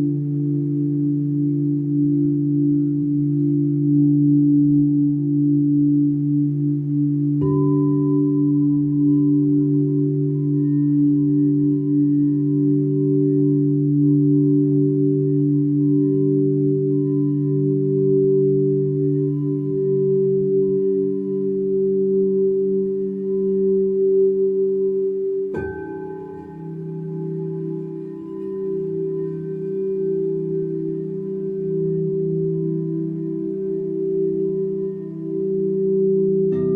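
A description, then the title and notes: Singing bowls ring in long, steady low tones that hang and overlap, with a slight pulsing shimmer. New strikes arrive around 7 seconds and again near 26 seconds, each adding a brighter tone on top before settling back into the sustained hum. Soundscape Singing Bowl.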